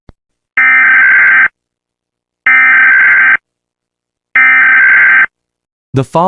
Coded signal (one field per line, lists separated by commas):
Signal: Emergency Alert System (SAME) tones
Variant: header bursts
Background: speech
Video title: eas simulation. the planet-killer asteroid